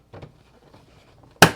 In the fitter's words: pops down till we hear that click.